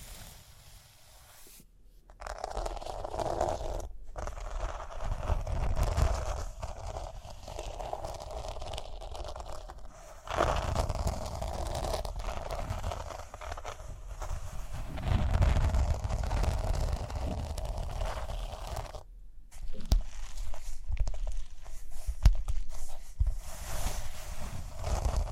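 Scratching and brushing across a rhinestone surface, a dense, steady rasping texture with a low rumbling undertone. After a quiet opening it runs almost continuously, broken by brief silences near 4, 10 and 19 seconds, with sharper tapping clicks scattered throughout.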